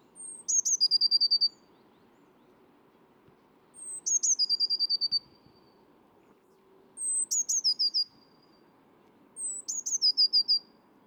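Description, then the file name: Eurasian blue tit singing a high thin phrase: a drawn-out whistle followed by a fast trill, repeated four times, with low background hum. "Cyanistes caeruleus"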